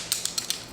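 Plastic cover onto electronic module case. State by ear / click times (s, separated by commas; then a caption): seated / 0.1 s, 0.5 s. A plastic cover is pressed onto the plastic case of an electronic module from a Volvo S80, after its circuit board has been reseated inside. A quick series of four sharp, bright plastic clicks is heard, and the cover snaps on and is seated, with clicks at 0.1 s and 0.5 s.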